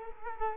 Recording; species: mosquito wingbeat signal from an infrared sensor; Culex quinquefasciatus